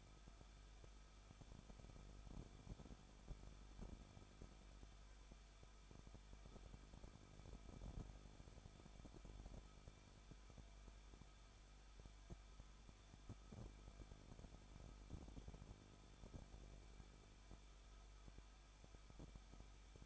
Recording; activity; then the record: daily activity, microphone in the room; no activity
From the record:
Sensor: 5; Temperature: 20.8 degrees Celsius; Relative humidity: 38.3%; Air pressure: 1006.5 hPa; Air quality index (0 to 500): 186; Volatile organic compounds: 18 ppm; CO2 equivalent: 2604 ppm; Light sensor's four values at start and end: 2/3/1/1 and 2/3/1/1